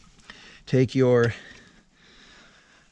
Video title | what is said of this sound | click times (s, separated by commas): Ford 7.3 Powerstroke Complete A/C compressor, Accumulator, and Orifice Tube Replacement!!!! | there's the click | 0.3 s